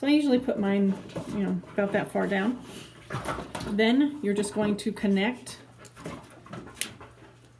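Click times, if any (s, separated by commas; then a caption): 6.8 s. Someone talks while placing a wrist bracelet electrode partway down the arm, then presses a red cable snap connector onto it. A sharp, bright snap at 6.8 s shows the connector has seated firmly on the bracelet.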